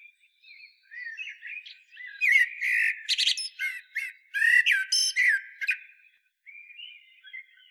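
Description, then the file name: Common blackbird delivering a continuous run of rich warbles and shrill twittered notes, loudest in the middle, fading to soft notes at the end. "Turdus merula"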